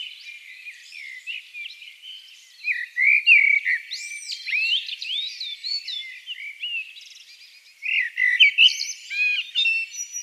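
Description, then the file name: Eurasian blackbird song: warbled whistled phrases with squeaky high twitters, two bursts separated by a quieter stretch, other faint bird notes behind. "Turdus merula"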